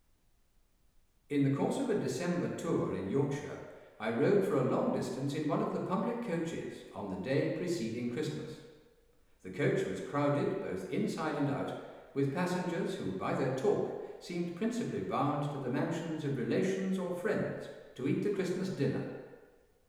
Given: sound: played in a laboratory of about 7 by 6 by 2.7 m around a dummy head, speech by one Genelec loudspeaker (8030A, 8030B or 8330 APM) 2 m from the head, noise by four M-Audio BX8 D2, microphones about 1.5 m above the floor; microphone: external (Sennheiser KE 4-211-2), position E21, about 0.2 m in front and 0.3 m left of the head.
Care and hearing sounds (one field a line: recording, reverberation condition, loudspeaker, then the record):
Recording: male speech in English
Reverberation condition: high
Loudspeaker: 120 degrees to the left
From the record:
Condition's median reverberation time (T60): about 1300 ms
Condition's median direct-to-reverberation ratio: about -4.0 dB